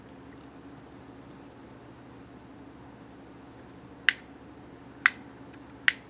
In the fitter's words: and you can you can hear that clicking so it locks by itself